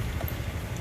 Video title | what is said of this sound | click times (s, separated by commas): Review BMW C400GT Grand Touring Set #200223 ( SHAD SH58X + Wunderlich + OHLINS ) | แล้วจริงจะล็อค | 0.3 s